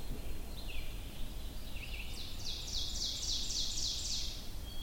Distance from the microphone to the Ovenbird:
about 35 m